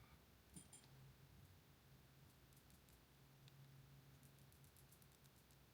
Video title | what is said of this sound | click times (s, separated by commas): THIS GOTTA BE THE BEST EDC WEAPON LIGHT OUT RIGHT NOW! OLIGHT PL X | But yes, there's very satisfying click, and it's just real nice. | 0.6 s, 3.5 s, 5.0 s